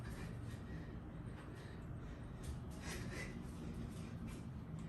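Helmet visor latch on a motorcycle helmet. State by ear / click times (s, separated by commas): not seated / none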